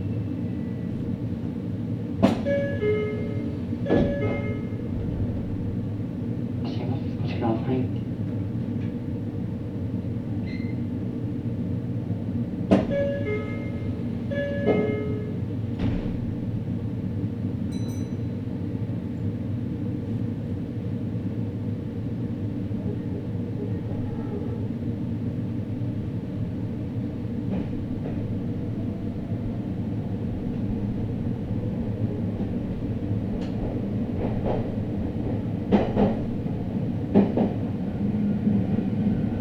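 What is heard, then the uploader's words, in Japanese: A steady low rumble of a Meitetsu train running along the Inuyama and Hiromi line fills the whole recording. Clicks and short clanks from the wheels and carriage come in bursts, clustered around the start, near fifteen seconds, and again toward the end. ガタンゴトンの旅。名古屋鉄道犬山・広見線 江南→布袋→新可児。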